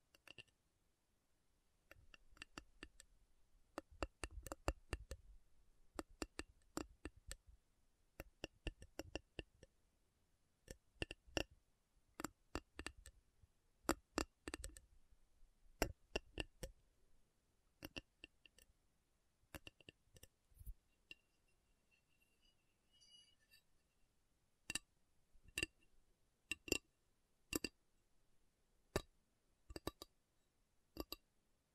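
Metal is tapped in short, sharp strikes that come in irregular bursts, sometimes quick runs and sometimes single spaced hits. Each tap is bright and ringing with a brief low thud. Around 21 to 24 seconds a faint high tone lingers, then sparser hits resume.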